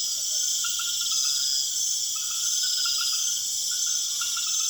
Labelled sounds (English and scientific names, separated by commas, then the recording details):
none
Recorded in secondary vegetation near Puerto Asís, Putumayo, Colombia, on 25 June 2025
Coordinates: 0.488, -76.319
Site G094